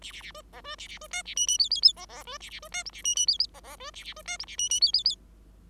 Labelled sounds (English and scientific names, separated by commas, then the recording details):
Bengalese Finch (Lonchura striata domestica) song
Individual Bird5